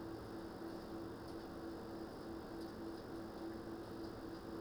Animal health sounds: poultry house recording; no chicken sound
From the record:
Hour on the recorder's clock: 20

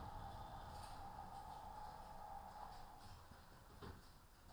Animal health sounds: poultry house recording; healthy chickens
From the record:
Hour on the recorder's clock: 13

